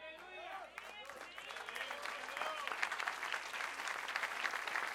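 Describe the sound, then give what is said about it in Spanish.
Audience applause builds into dense, steady clapping that grows louder over a few seconds, with a voice speaking briefly over the start. “No aplaudan ahora porque la que viene es dura.”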